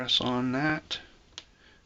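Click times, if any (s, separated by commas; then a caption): 1.4 s. Someone talks while the spring bar of a new watch band is pressed into the lug hole of the watch case. A short, sharp snap is heard at 1.4 s as the spring bar snaps into the lug and seats in place.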